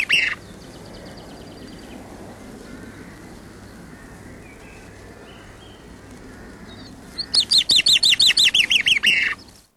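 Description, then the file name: Common chaffinch song after a brief sound at the start and several seconds of steady hiss: a quick, even string of downward-swept notes lasting about two seconds, ending abruptly. "chaffinch record from Thorpe"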